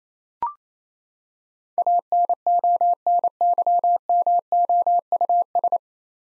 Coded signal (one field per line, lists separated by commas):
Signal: Morse code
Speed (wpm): 28 wpm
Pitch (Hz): 700 Hz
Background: none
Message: ANONYMOUS